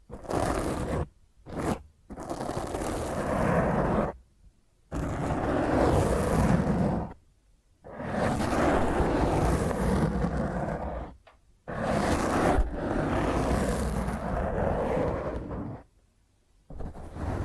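Rough, gritty scratching of fingernails dragged across a microphone, coming in dense bursts of two to three seconds with abrupt silent gaps between them. The grinding texture is harsh and full, crackling from deep rumble up to a bright hiss, fairly even within each stroke.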